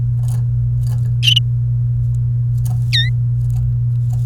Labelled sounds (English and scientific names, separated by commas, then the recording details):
Domestic Canary (Serinus canaria) song
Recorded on 29 April 2018 at 12:50
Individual llb3